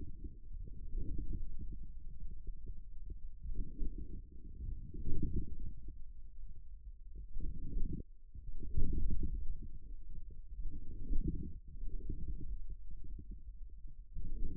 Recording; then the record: forearm muscle sounds (acoustic myography)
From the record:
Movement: forearm supination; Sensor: system 1, eight BSWA MPA416 microphones around the upper forearm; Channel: 8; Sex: male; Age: 41 years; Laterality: right